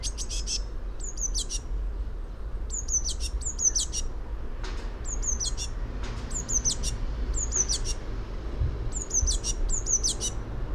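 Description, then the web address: Eurasian blue tit calls: bright, high, descending notes in short bursts about every second, mixed with brief harsher chirps, against a low constant background hum. "fugl b-mejse"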